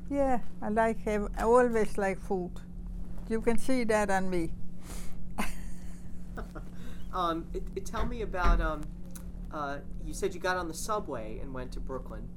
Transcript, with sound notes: Yeah, I like every, I always like food. You can see that on me. (they laugh)
Tell me about, uh, you said you got on the subway and went to Brooklyn.